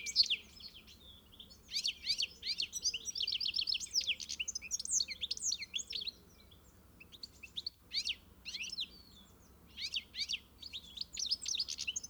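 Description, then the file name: European goldfinch uttering bursts of bright twittering notes separated by brief quiet pauses, the chirps high and tinkling. "Carduelis carduelis"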